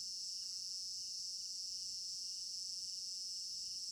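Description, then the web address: Crickets chirping steadily in a high, shimmering chorus, with a lower pulsing trill beneath it. Crickets in an African village garden at night, recorded in stereo binaural. "African-Village Garden Night Crickets Stereo-Binaural. immersive sound library"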